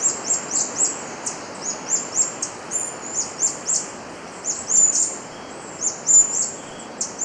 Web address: Natures Songs S America Birds of Ecuador Ash-Browed Spinetail